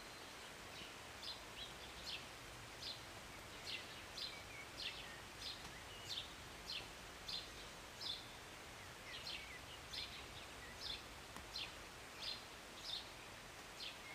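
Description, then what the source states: Bird chirps repeated throughout, short high sharp notes over a constant hiss like falling rain. Recorded from a city balcony on a Sunday morning during short rain, birds singing and chirping, with an occasional plane.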